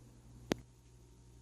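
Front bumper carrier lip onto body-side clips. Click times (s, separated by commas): 0.5 s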